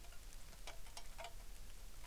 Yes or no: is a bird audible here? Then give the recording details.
no. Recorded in the Arctic National Wildlife Refuge, Alaska, on 3 August 2019. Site 33